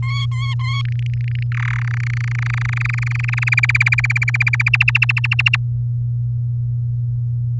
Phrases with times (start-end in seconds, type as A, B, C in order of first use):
0.02-0.82 A, 0.85-1.43 B, 1.52-1.83 C, 1.84-3.49 D, 3.52-4.69 E, 4.73-5.56 F